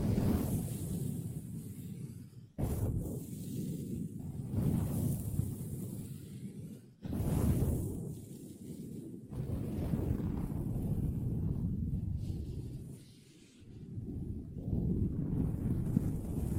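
Long nails scratch a tabletop in a dense, continuous rasp that sits mostly low and rustly, with a faint hiss above. The sound cuts out sharply around two and a half and seven seconds, then thins briefly near thirteen seconds before resuming.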